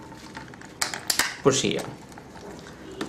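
The remaining two corner push pins of a CPU cooler are pressed into the motherboard while someone talks. Two loud, sharp clicks are heard at 0.8 s and 1.1 s, amid smaller taps. The pins seat and the cooler is mounted.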